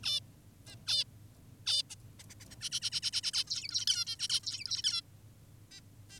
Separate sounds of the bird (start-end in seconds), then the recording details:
0.03-0.20, 0.66-0.76, 0.87-1.04, 1.66-1.83, 1.90-1.96, 2.19-2.24, 2.30-2.35, 2.40-2.45, 2.51-2.56, 2.61-2.70, 2.72-2.80, 2.82-2.90, 2.92-3.00, 3.02-3.11, 3.13-3.21, 3.23-3.32, 3.33-3.44, 3.47-3.85, 3.87-4.05, 4.07-4.16, 4.19-4.28, 4.30-4.40, 4.44-4.82, 4.84-5.02, 5.71-5.80, 6.10-6.20. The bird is an adult. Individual g19o10U